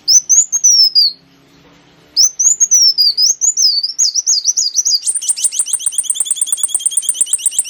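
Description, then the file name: Sunbird song: high sliding phrase, a pause, then a long wavering warble that breaks into a fast run of very high repeated chattering notes. Local name kolibri wulung; recording used as a lure (pancingan) to attract birds. "suara burung kolibri wulung pancingan"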